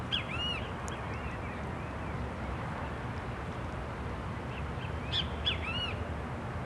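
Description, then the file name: Great kiskadee calls: a few loud arched notes near the start and again around five seconds, over a steady low rumble of background noise. Several birds recorded beside the lake in a city park in Brasília. "Passaros Bem-Te-Vi a Beira do Lago do Parque da Cidade de Brasilia"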